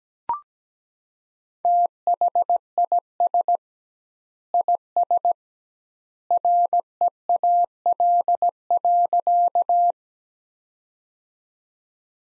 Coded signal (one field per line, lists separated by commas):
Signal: Morse code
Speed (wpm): 17 wpm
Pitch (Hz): 700 Hz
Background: none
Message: THIS IS REAL.